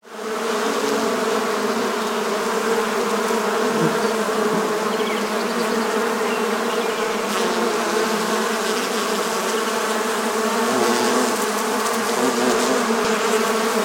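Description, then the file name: Honey bee buzz rising in quickly at the start, then a thick, unbroken humming drone that stays steady for the whole stretch. "Honigbiene Summen"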